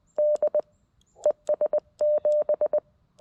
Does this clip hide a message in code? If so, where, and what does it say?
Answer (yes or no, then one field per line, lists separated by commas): yes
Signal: Morse code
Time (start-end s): 0.2-2.8 s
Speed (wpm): 20 wpm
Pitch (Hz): 590 Hz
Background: none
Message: D ES 7